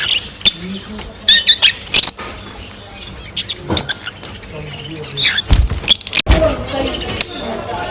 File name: nerazlucniki fisera potryasayushhei krasoty krasivoe penie i cirikane nerazlucnikov fisera